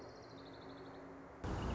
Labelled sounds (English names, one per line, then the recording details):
Orange-crowned Warbler
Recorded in Sonoma County, California